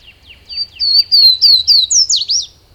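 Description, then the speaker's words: Swainson's Warbler song: a run of clear, down-slurred whistled notes that grow louder and rise slightly, ending in a quick tumbling flourish. Sung from inside a rhododendron thicket on a May morning in Great Smoky Mountains National Park, lush mountain habitat; the singer stays hidden. "morning in Great Smoky Mountains National Park, a song issues from within a rhododendron thicket. But try as you may, you can't see the singer."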